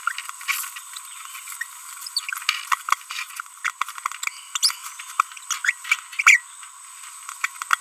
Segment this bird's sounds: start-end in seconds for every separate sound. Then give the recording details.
2.16-2.19, 3.65-3.70, 4.55-4.57, 4.63-4.72, 5.51-5.58, 5.64-5.71, 6.19-6.22, 6.26-6.39, 7.44-7.46. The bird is a female. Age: 30 days. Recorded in a nest box in Venezuela. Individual 17B42B3